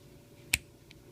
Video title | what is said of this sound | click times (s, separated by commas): Kalibrgun Cricket receiver reassembly | And it kind of snaps into place. | 0.5 s